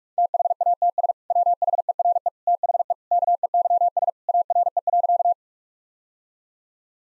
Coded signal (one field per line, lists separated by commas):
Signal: Morse code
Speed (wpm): 43 wpm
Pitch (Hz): 700 Hz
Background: none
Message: THATS WHERE THE KEYS ARE.